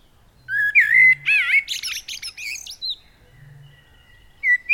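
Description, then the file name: Common blackbird song phrase: rising fluty whistle, wavering warble, then several high squeaky notes, with the start of another phrase near the end; faint low hum. "Turdus merula"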